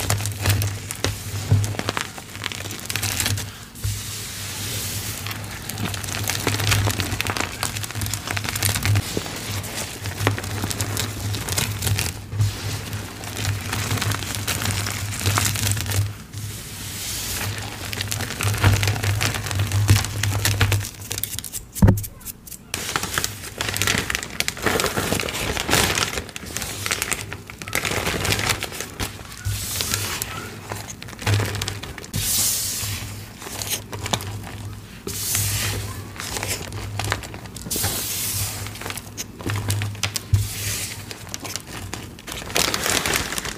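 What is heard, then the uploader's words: Dry crunching and crumbling of powdery chalk, with dense irregular crackles and soft squeaky rubs throughout. A steady low hum sits underneath, and a sharp loud crack stands out around the 22-second mark. A powdery gym chalk slab crumble.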